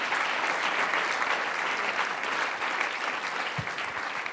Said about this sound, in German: Einen dicken Applaus für alle hinter den Kulissen.